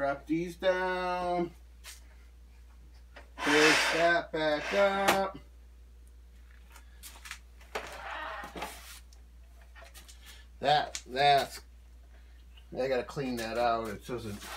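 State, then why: Partly seated. Someone talks while pushing a folding leg back up into its latch on a metal Ridgid miter saw stand, with a sharp click at 7.8 s. The latch only partly catches and does not latch in well; it needs cleaning out.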